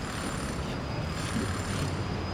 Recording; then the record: background sound without coughing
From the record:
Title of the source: 30 MINUTES Construction Site Ambience (CC BY 4.0)